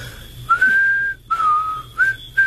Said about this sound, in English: What, whistle? Yeah. Easiest thing in the world. Just watch me. I'll show you how.